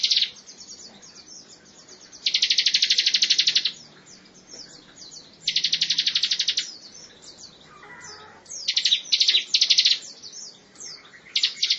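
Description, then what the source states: Lovebird delivering long, steady, rapid buzzy trills, the first two lasting over a second each, separated by softer chattering and chirps. Song style locally called ngekek panjang, a long trill.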